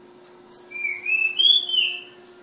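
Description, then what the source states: Flowerpecker song, a short high note followed by a thin whistled phrase rising slightly then falling, lasting under two seconds over a low steady hum. Flowerpecker from Kudus; local names tledekan and sulingan; bird named Ababil.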